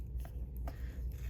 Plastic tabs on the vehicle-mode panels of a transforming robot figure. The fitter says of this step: get those all aligned, and they should snap into place